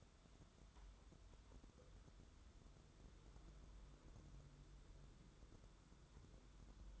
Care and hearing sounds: daily activity, microphone in the room; wipe stove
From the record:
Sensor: 3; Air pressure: 1015.1 hPa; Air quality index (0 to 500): 67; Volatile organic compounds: 1 ppm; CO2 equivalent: 884 ppm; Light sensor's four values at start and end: 15/39/15/16 and 15/39/15/16

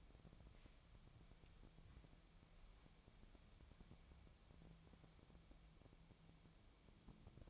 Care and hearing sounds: daily activity, microphone in the room; wipe stove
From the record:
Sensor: 1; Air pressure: 1007.1 hPa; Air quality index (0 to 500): 204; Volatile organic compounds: 22 ppm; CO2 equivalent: 2755 ppm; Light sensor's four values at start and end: 12/32/13/14 and 13/32/13/14

